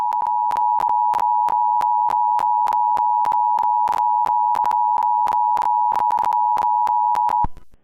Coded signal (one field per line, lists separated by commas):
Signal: Emergency Alert System (SAME) tones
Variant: 853 and 960 Hz attention tone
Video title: EAS SCENARIO #42: i-Ready